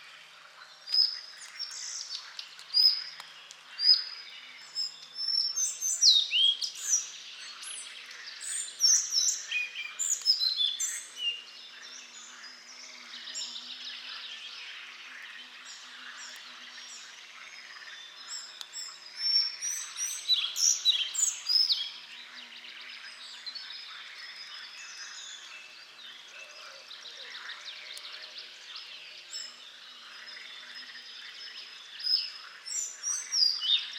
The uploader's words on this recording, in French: Bois de Romersberg - Lorraine. Cette belle ambiance forestière est un moment agréable de découverte d'un oiseau bien particulier le Gobemouche à collier (Ficedula albicollis) qui habite les grandes forêts de Lorraine. Son sifflet perçant évolutif ressort bien de l'ambiance générale du lieu. Ambiance - Forêt de Lorraine.